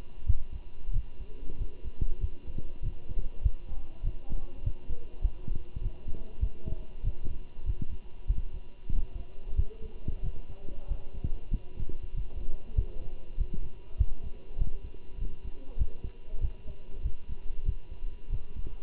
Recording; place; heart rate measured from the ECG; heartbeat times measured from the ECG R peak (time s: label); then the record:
heart sounds by stethoscope; between the tricuspid and mitral areas; 96 bpm
0.27 s: heartbeat
0.94 s: heartbeat
1.59 s: heartbeat
2.21 s: heartbeat
2.83 s: heartbeat
3.43 s: heartbeat
4.04 s: heartbeat
4.64 s: heartbeat
5.22 s: heartbeat
5.82 s: heartbeat
6.41 s: heartbeat
7.04 s: heartbeat
7.67 s: heartbeat
8.28 s: heartbeat
8.93 s: heartbeat
9.56 s: heartbeat
10.23 s: heartbeat
10.89 s: heartbeat
11.51 s: heartbeat
12.15 s: heartbeat
12.76 s: heartbeat
13.38 s: heartbeat
13.98 s: heartbeat
14.59 s: heartbeat
15.19 s: heartbeat
15.79 s: heartbeat
16.41 s: heartbeat
17.04 s: heartbeat
17.66 s: heartbeat
18.31 s: heartbeat
From the record:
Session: walking at 3.7 km/h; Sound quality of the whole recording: good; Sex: male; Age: 23 years